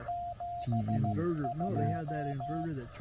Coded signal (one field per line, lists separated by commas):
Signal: Morse code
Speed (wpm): 16 wpm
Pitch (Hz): 690 Hz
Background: speech, music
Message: 72